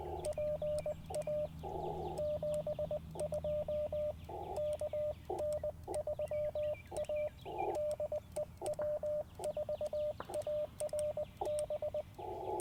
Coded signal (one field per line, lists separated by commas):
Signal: Morse code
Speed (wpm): 20 wpm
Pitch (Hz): 600 Hz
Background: radio noise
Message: PA 72 KN3A DE W4ARB